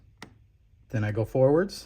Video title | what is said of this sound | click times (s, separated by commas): Building My End Game EDC | if you follow any of my videos you know I like to spin backwards until it clicks | 0.2 s